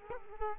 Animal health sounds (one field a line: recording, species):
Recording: mosquito wingbeat signal from an infrared sensor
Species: Culex quinquefasciatus